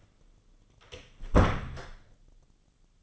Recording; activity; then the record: daily activity, microphone in the room; close door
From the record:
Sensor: 4